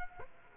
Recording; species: mosquito wingbeat signal from an infrared sensor; Aedes aegypti